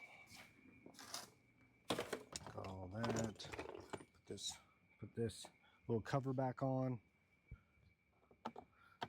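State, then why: Seated. A small plastic cover is put back on over the tail light area of a Jeep and pressed until it snaps into place. Someone talks, then sharp snaps are heard at 8.5 and 9.0 seconds as the cover seats.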